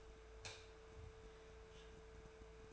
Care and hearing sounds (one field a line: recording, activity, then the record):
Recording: daily activity, microphone in the room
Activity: light off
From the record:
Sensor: 2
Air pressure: 1014.6 hPa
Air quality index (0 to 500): 187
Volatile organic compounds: 14 ppm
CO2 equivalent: 2471 ppm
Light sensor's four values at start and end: 13/39/15/15 and 9/21/8/9